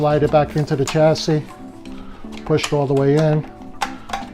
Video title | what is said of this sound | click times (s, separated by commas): EKMR20WT unbox & install | you should almost hear those two clicks and it's locked down and secure it's not going to go anywhere | 3.8 s, 4.1 s